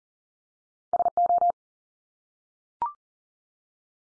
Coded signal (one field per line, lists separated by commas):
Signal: Morse code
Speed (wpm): 40 wpm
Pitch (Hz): 700 Hz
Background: none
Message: SO